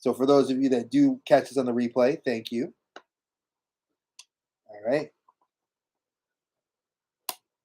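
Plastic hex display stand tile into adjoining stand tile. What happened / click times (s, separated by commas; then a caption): The plastic piece snapped into place / 7.3 s. A plastic hexagonal display stand tile is pressed into an adjoining stand tile. Someone talks at the start, a few faint taps follow, and a sharp snap at 7.3 s shows the piece seated.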